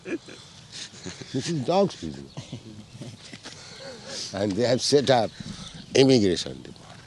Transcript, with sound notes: This is dog's business. [laughter] And they have set up immigration department.